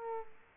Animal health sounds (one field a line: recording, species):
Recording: mosquito wingbeat signal from an infrared sensor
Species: Aedes aegypti